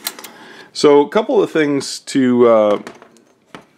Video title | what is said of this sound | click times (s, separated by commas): HK MP5-K PDW Bobcat BW-89 SBR Review | and it deploys very easily easily and locks locks into place | 0.1 s